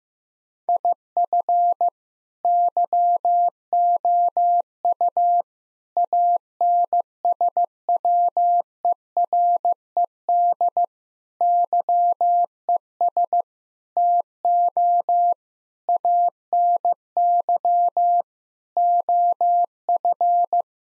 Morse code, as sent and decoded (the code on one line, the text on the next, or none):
.. ..-. / -.-- --- ..- / .- -. ... .-- . .-. . -.. / -.-- . ... / - --- / .- -. -.-- / --- ..-.
IF YOU ANSWERED YES TO ANY OF